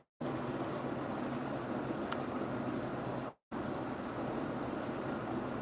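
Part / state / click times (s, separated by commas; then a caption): memory card into camera card slot / not seated / none. A memory card is pushed into a worn camera's spring-loaded card slot that should lock with one push and release with a second, but from wear and tear it no longer stays locked and only locks at random. Steady broadband noise like passing vehicles fills the clip, broken by two short silent gaps near 0.1 s and 3.4 s, with one brief sharp tick at 2.1 s. Nothing has seated or clicked yet; the card does not lock.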